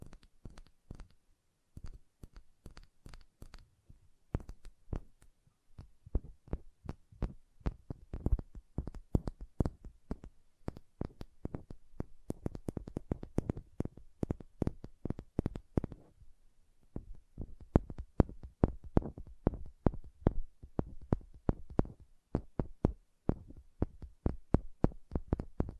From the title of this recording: Hand Sounds, Nail Tapping and Lotion Sounds